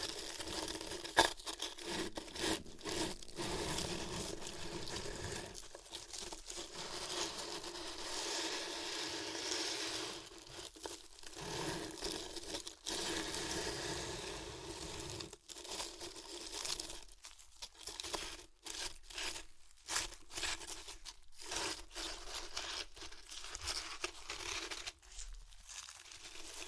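Crunchy chips are crushed and chewed in a steady run of crisp crackling, dense and bright through the first half. Later the crunching breaks into separate sharp snaps and crinkles with brief pauses between them, loudest around 1 and 18 seconds.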